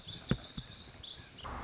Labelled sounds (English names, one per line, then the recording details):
Lazuli Bunting
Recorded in Sonoma County, California